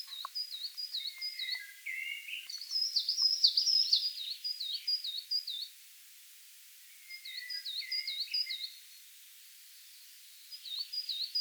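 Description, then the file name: Coal tit song: bright, high see-saw phrases repeated rhythmically in several bursts separated by short pauses, with lower thin notes and faint clicks mixed in. "Periparus ater"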